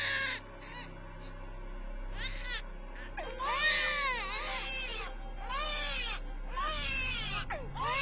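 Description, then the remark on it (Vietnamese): Shrill, wailing cries of children rise and fall in long arching sweeps, overlapping one another in distressed, anguished bursts over a low steady rumble, with no talking. “Tiếng khóc đau đớn, tiếng khóc quằn quại, tiếng khóc ghê rợn.”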